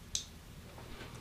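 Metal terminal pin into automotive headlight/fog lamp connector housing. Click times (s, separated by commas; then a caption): 0.1 s. A second metal terminal pin is slid up into a plastic automotive headlight/fog lamp connector housing with its hole facing outward. It seats with a short, sharp click at 0.2 s, followed by faint low background noise. The terminal locks into position.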